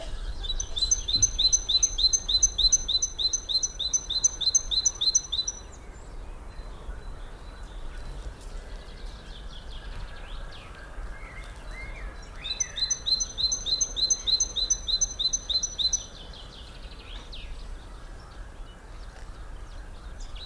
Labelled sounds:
Great Tit (Parus major) call
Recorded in the wild
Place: Lychen, Brandenburg, DE
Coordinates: 53.21, 13.32
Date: 1995-04-22 17:24
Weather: heiter, 23°C, böiger Wind
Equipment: Marantz CP 430, Sennheiser ME 80, Kopie Uher 4000 Report Monitor
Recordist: Tembrock, Günter

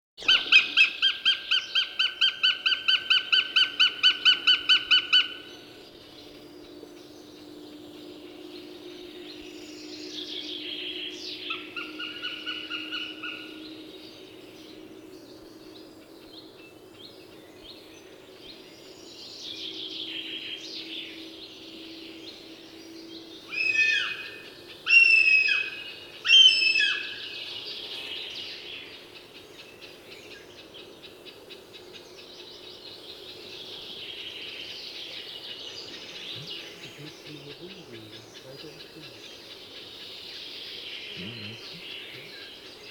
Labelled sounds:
Northern Goshawk (Accipiter gentilis)
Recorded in the wild
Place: Glowe, Insel Rügen, Mecklenburg-Vorpommern, DE
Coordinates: 54.577, 13.442
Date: 1975-07-06
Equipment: Nagra III BH, Sennheiser MD 21, parabola
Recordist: Schubert, Michael
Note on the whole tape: Rufe Habicht

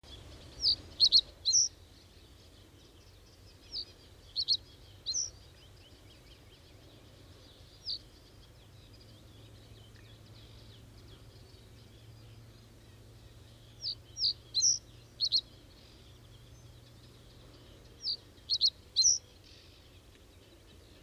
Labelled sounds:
Reed Bunting (Emberiza schoeniclus) song
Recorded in the wild
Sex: male
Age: adult
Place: Rietberg, Nordrhein-Westfalen, DE
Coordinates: 52.8, 8.43333
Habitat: pond
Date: 1970-06-28
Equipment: Uher 4000 Report-S, Bändchenmikro Beyer M 260, Parabolspiegel Polyester (470 mm)
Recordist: Conrads, Klaus
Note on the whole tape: Rietberger Fischteiche. Männchen: Gesang. Teilweise gute Aufnahmequalität

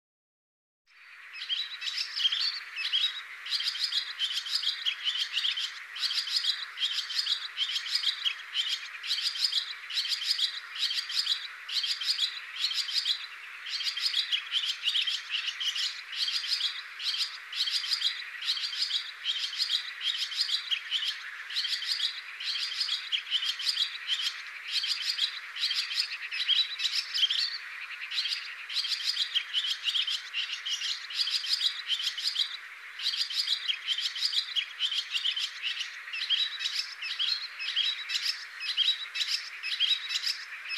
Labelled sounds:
Barn Swallow (Hirundo rustica) song
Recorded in the wild
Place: Damtschik/Wolgadelta, RU
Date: 2006-05-21
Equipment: MiniDisc Sharp MT 20 H
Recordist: Schwarz, Dieter

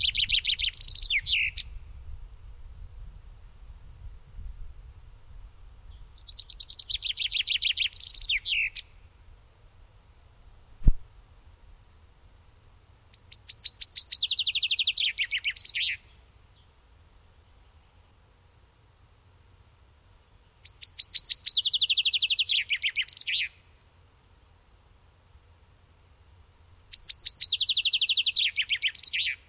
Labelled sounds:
Common Chaffinch (Fringilla coelebs) song
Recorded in the wild
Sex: male
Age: adult
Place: Bubenreuth, Bayern, DE
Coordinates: 49.4914, 11.0694
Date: 1962-04-12
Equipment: Stellavox SM 5, langes Kabel
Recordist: Tretzel, Erwin

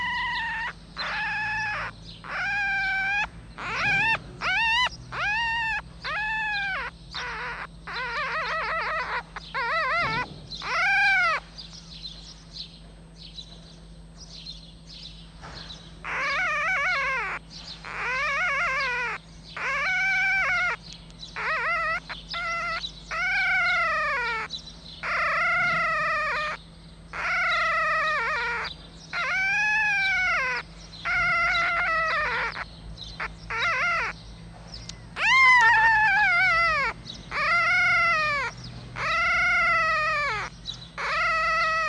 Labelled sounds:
Red Fox (Vulpes vulpes)
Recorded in captivity
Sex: diverse
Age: diverse
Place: Zoologisches Institut der HUB, Berlin, DE
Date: 1956-05-03 13:15
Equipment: Elmetra
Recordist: Tembrock, Günter
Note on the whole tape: Molly-Welpen: Männchen: Quärren, Tremolo; Weibchen: Quärren, hell, Crescendo; Männchen: Quärren; Jupp: Muffen ohne Fleisch bei Anblick der Welpen

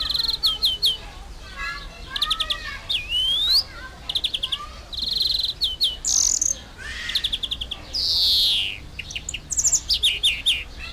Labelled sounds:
European Greenfinch (Chloris chloris)
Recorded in captivity
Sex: male
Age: adult
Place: Zoo Berlin, Berlin, DE
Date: 1999-07-03 13:00
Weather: fair, 25-27°C
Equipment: Sony WM-D6C, Sennheiser ME 80, Kopie Uher 4000 Report Monitor
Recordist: Tembrock, Günter

